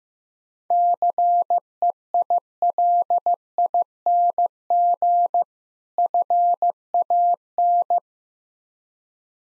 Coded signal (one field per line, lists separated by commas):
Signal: Morse code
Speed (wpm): 16 wpm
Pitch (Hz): 700 Hz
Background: none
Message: CEILING FAN